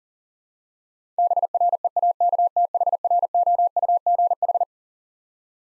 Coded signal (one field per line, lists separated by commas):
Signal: Morse code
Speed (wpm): 40 wpm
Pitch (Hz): 700 Hz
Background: none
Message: BREAKTHROUGH